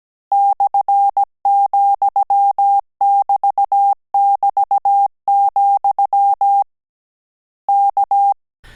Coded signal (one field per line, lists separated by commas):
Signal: Morse code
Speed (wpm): 17 wpm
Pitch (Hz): 800 Hz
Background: none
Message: /,<BT><BT>, K